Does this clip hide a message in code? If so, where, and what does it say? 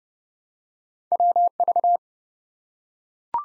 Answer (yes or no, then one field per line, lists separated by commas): yes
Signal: Morse code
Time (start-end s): 1.1-2.0 s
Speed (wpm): 32 wpm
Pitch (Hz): 700 Hz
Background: none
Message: WV